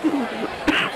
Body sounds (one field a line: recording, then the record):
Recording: coughing mixed with background sound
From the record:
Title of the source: 31 night wet cough